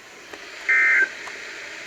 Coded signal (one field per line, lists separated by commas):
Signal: Emergency Alert System (SAME) tones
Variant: end-of-message bursts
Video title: Upton Redemption Arc (1/16-17/22) (EAS 7260-7292)